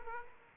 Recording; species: mosquito wingbeat signal from an infrared sensor; Aedes aegypti